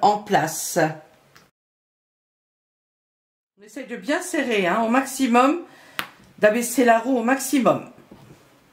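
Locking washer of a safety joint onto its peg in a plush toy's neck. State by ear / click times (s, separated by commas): not seated / none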